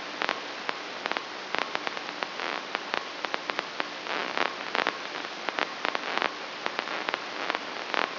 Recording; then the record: brain microelectrode recording played as sound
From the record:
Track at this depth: inside the subthalamic nucleus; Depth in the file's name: 5.462 mm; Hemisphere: left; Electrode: 3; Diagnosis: Parkinson's disease